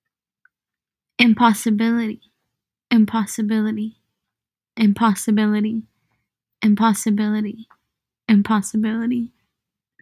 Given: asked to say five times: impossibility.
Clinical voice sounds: repeated word; female; 20 to 29 years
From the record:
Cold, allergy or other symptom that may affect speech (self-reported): no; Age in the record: 22 years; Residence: Oklahoma, United States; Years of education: 14

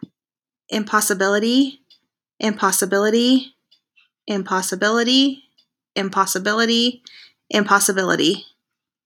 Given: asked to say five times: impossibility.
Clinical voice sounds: repeated word; female; 30 to 39 years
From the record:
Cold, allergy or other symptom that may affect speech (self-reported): no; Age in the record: 34 years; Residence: Utah, United States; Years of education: 16

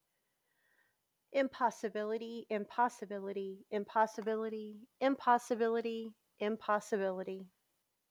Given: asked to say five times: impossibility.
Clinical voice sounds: repeated word; female; 30 to 39 years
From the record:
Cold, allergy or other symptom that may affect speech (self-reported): no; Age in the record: 39 years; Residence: Texas, United States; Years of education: 16

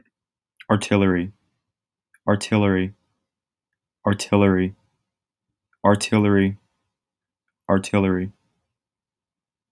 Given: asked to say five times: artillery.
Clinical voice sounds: repeated word; male; 20 to 29 years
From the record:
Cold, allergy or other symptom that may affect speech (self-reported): no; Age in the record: 20 years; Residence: Texas, United States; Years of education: 13

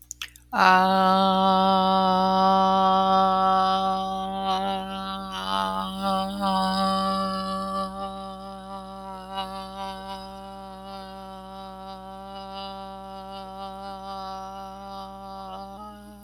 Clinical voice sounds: vowel held as long as possible; female; 30 to 39 years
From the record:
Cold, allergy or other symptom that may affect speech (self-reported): no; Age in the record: 37 years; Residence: Kansas, United States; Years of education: 13

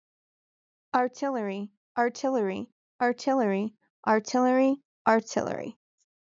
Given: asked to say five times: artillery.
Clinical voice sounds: repeated word; female; 30 to 39 years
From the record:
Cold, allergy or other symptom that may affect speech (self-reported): no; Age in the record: 38 years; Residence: Ohio, United States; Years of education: 12

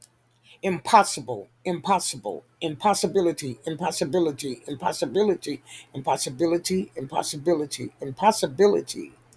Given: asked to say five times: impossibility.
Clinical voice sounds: repeated word; female; 50 to 59 years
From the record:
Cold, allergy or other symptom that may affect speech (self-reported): no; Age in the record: 55 years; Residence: California, United States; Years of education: 18

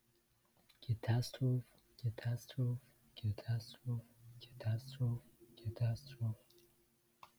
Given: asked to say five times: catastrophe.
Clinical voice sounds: repeated word; male; 18 to 19 years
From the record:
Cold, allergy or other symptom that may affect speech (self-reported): no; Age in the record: 19 years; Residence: Florida, United States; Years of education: 13

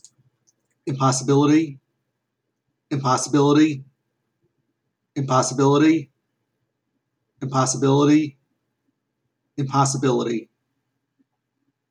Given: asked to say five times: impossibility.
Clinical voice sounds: repeated word; male; 30 to 39 years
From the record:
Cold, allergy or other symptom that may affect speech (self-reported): no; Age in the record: 34 years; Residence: Virginia, United States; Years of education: 16

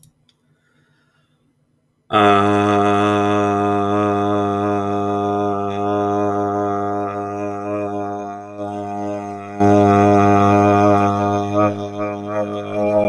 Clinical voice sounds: vowel held as long as possible; male; 30 to 39 years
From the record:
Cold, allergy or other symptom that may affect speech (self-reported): no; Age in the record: 32 years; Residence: Virginia, United States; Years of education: 12

